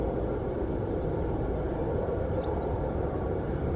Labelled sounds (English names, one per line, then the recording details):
Western Yellow Wagtail
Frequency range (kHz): Western Yellow Wagtail 2.3-8.4 kHz
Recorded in France